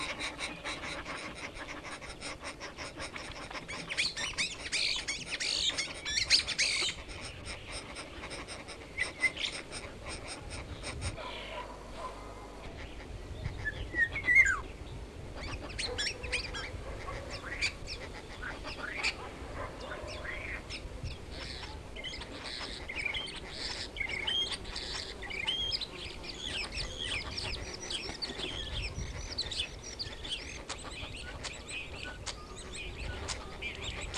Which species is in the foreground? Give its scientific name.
Sturnus vulgaris